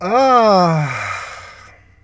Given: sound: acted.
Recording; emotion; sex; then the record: nonverbal affect burst; pleasure; male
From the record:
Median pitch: 167 Hz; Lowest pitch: 75 Hz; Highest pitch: 272 Hz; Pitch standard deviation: 59 Hz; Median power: 70.4 dB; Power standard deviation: 14.2 dB